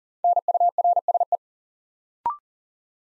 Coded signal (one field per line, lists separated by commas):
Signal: Morse code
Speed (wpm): 39 wpm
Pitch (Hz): 700 Hz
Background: none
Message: NURSE